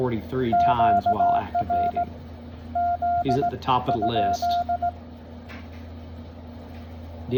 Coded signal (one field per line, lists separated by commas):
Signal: Morse code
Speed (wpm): 18 wpm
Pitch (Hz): 700 Hz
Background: speech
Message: QRZ?